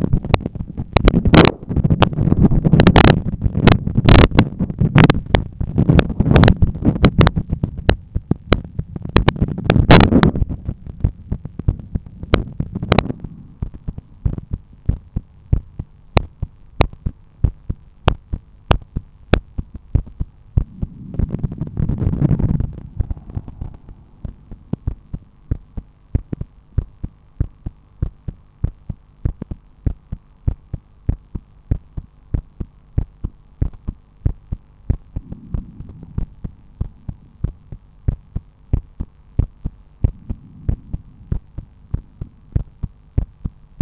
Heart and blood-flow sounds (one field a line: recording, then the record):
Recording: heart sounds by stethoscope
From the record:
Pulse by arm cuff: 96 bpm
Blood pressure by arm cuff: 119/82 mmHg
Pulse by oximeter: 95 bpm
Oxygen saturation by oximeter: 97%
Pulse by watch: 96 bpm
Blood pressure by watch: 132/86 mmHg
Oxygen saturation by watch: 96%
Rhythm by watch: sinus rhythm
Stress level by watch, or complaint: low stress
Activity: after 10 min smoking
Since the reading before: plus 6000 steps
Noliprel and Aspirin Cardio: after pills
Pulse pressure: 37 mmHg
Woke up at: 7:30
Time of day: 19:43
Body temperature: 36.5 C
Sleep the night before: 8 h 32 min, score 78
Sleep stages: REM 32%, light 50%, deep 12%, awake 6%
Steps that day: 9500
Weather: sunny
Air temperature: 22.6 C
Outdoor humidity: 65%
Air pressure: 1013 hPa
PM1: 8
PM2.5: 13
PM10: 19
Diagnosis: hypertension, treated with Noliprel and Aspirin Cardio 100 mg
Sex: male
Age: 53 years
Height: 174 cm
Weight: 81 kg